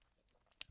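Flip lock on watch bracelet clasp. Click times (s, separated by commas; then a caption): 0.6 s. The flip lock on a metal watch bracelet clasp is done up, and it clamps down and snaps shut with a sharp click at 0.6 seconds. The clasp is seated and locked. Before the click there is only faint low-level noise.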